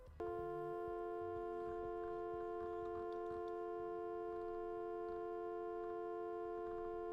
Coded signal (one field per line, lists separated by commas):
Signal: telephone call progress tone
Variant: North America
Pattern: dial tone